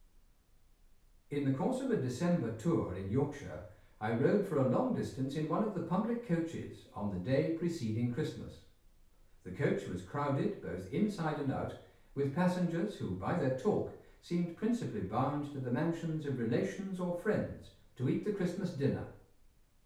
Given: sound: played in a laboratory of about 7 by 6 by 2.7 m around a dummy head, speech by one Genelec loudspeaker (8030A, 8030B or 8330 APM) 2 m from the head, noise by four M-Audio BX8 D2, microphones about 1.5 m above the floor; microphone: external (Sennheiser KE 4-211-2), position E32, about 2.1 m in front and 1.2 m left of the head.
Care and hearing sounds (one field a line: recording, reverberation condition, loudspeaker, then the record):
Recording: male speech in English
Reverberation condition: medium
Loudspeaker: 120 degrees to the right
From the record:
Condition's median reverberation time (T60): about 510 ms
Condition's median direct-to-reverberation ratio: about -0.5 dB